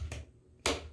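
A plastic locking ring is snapped down onto the ridges of a toilet fill valve's height-adjustable shaft, where it latches on to keep the shaft from sliding up and down. A faint snap is heard at 0.1 s, then a sharp, louder snap at 0.7 s as the ring seats onto the ridges.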